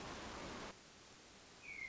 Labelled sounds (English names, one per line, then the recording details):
Hermit Thrush
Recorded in Sonoma County, California